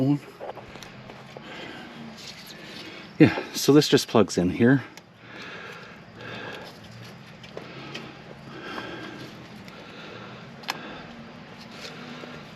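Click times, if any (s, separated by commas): none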